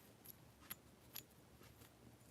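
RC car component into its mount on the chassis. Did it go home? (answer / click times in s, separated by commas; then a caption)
no / none. An RC car component is handled and pressed toward its mount on the chassis during assembly, making a few faint, brief sharp ticks around 0.3, 0.7 and 1.2 seconds against low background noise. The part has not seated or clicked into place yet.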